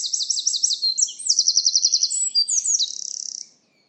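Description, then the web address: Bird song, a high, rapid sequence of buzzy trills and repeated chirps that shift pitch several times over three and a half seconds, ending abruptly, on a quiet background. "cianscape birddata Deverinetal 2025"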